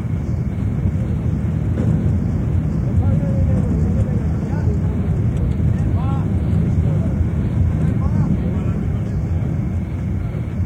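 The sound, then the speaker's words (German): A gold mine shaft cage in South Africa plunges downward at 10 meters per second with a loud, steady roaring rumble, a wavering high whine riding over it throughout, and faint voices surfacing now and then beneath the din. “Weiter in die Tiefe. Es knackt in den Ohren, da hilft nur Schlucken oder Nase zuhalten oder kräftig blasen. Wir fallen 10 Meter in jeder Sekunde.”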